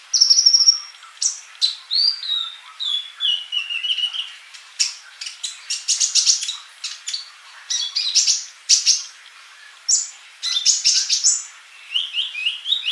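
Bird sings a long, restless medley: a steady high whistle, falling slurred notes, then quick clusters of chirps and sharp ticks throughout.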